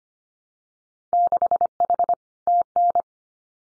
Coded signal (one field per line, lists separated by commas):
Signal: Morse code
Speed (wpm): 25 wpm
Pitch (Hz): 700 Hz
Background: none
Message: 6H TN